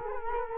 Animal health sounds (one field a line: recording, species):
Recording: mosquito wingbeat signal from an infrared sensor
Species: Culex quinquefasciatus